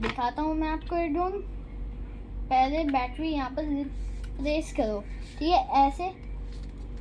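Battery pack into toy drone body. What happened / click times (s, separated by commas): The battery is being handled but has not clicked into place / none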